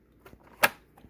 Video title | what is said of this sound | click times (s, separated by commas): Dyson DC14 vacuum how to replace belts on clutch models | snap into place down here | 0.6 s